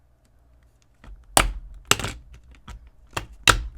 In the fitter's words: then just press it into place until you hear the clicks